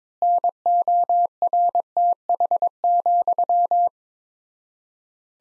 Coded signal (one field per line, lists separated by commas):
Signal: Morse code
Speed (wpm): 22 wpm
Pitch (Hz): 700 Hz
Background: none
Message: NORTH,